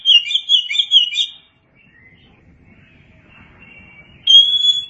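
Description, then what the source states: Oriental magpie-robin song: a rapid, warbled run of high notes, a long quiet gap with faint thin tones, then a clear sustained whistle opening another phrase. Chirping song.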